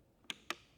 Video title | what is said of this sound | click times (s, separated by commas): FIRST LOOK @ the NEW Lowrance Eagle Units | so then that's locked in place and then the same thing with our sonar cable | 0.3 s, 0.5 s